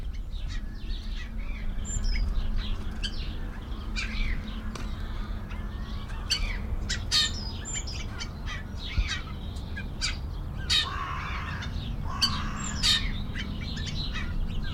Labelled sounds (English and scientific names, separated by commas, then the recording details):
Yellow-billed Grosbeak (Eophona migratoria)
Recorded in captivity
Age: adult
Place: Tierpark Berlin, Berlin, DE
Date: 1993-03-13 11:42
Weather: 5-12°C, heiter
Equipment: Marantz CP 430, Sennheiser ME 80, Kopie Uher Variocord 263
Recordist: Tembrock, Günter